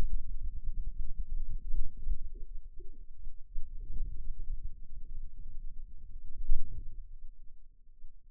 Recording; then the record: forearm muscle sounds (acoustic myography)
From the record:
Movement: wrist flexion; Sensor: system 2, bracelet of six BSWA MPA416 microphones around the upper forearm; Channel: 1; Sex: male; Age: 22 years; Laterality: right